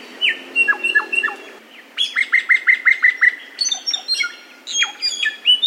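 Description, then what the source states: Samyong song: a few downslurred whistled notes, then a quick run of similar slurred chips, followed by varied high chirps and squeaky notes. Masteran (bird training) recording of samyong song.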